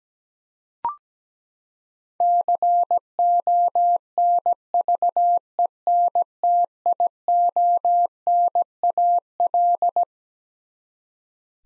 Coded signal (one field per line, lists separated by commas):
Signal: Morse code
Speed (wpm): 17 wpm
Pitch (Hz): 700 Hz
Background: none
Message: CONVENTIONAL